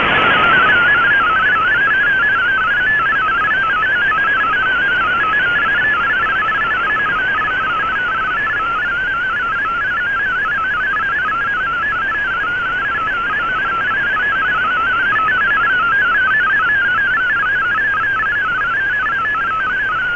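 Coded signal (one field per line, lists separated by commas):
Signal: multi-tone FSK (Olivia or MFSK type)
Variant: MFSK32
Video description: Here is my decode of the Shortwave Radiogram broadcast today on 11580Khz shortwave radio at 2300UTC in MFSK32 and with 5 SSTV images.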